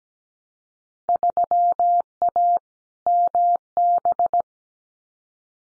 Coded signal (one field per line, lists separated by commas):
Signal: Morse code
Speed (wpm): 17 wpm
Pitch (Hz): 700 Hz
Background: none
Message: 3A MB